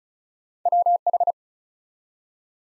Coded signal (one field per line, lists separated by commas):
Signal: Morse code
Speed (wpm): 36 wpm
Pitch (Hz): 700 Hz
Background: none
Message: WH